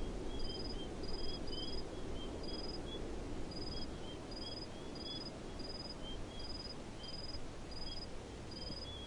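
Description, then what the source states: Cricket chirps in brief pulsed bursts roughly twice a second, a softer lower insect chirping alongside, with steady low background rumble. Crickets chirping in a desert.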